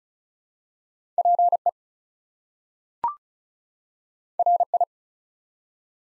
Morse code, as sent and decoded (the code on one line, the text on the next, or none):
.--. . / .-. ..
PE RI